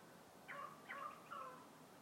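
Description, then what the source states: Currawong call of three ringing, harmonic notes in quick succession. Currawongs (more than one) recorded among trees.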